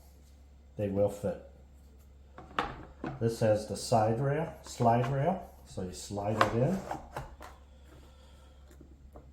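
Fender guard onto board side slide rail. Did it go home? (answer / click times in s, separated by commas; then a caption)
no / none. Someone talks while handling a plastic Fangs fender guard next to the side slide rail of a Onewheel GT XL electric board, getting ready to slide it on. Brief sharp handling taps are heard around 2.4 s, 2.6 s, 7.2 s and 7.4 s, with a faint one near 9.2 s. The guard has not seated or clicked into place yet.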